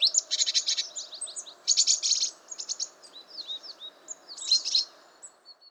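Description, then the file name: Great tit giving rapid, harsh chattering bursts mixed with scattered thin high whistled notes, fading toward the end. "Parus major"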